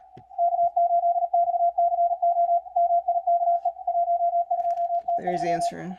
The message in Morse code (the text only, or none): K8XCO MIKE 12T3